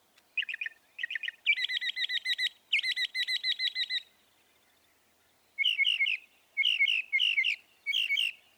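Northern mockingbird song of repeated note groups, buzzy stacked phrases, then a pause and paired chirps given in short bursts.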